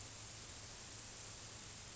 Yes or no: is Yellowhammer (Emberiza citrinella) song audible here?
no